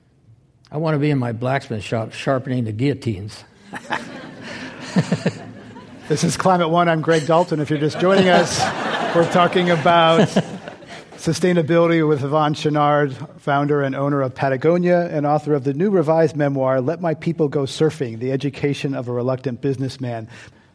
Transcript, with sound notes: I want to be in my blacksmith shop, sharpening the guillotines.
[Laughter]
This is Climate One. I’m Greg Dalton. If you're just joining us, we’re talking about sustainability with Yvon Chouinard, founder and owner of Patagonia and author of the new revised memoir “Let My People Go Surfing: The Education of a Reluctant Businessman.”